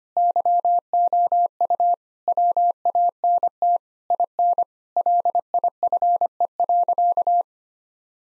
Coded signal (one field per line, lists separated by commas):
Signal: Morse code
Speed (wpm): 25 wpm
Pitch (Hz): 700 Hz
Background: none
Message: YOU WANT IN LIFE.